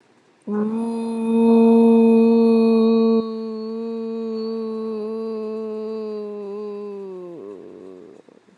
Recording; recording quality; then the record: sustained vowel as in boot; excellent, no background noise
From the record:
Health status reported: respiratory illness, not identified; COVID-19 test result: negative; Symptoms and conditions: none ticked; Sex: female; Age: 29 years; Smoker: not ticked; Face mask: not worn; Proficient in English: yes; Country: India